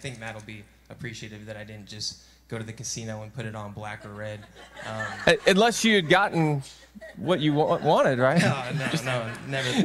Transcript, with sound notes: " I think Matt will be appreciative that I didn't just go to the casino and put it on black or red. Um, [laughter] unless you had gotten what you w wanted, right? No, no, never.